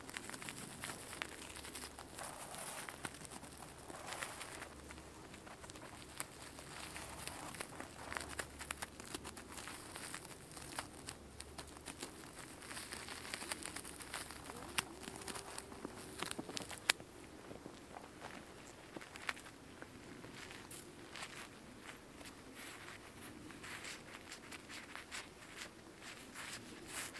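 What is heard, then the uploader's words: Boots crunch through snow in a steady, irregular series of crisp footsteps throughout the recording. Beneath them runs a constant soft rush of flowing water. A brief bird call rises faintly around fifteen seconds, and the loudness stays fairly even. Walking in Snow. Take a walk through the snow covered woodlands of Pennsylvania. Hear the crunching of snow underneath boots, the calming sounds of a nearby flowing creek, some birds sounds. This was recorded with binaural in-ear microphones.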